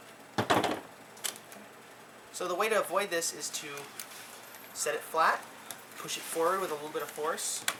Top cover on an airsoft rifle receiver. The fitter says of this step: until it pops into place as you just heard it